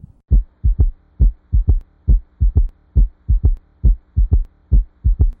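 A steady, regular heartbeat at about 68 beats a minute, with three low thuds in each cycle that give a galloping cadence. The extra sound is a third heart sound, heard in early diastole during rapid ventricular filling. It can be normal in young people but signals heart failure in heart disease.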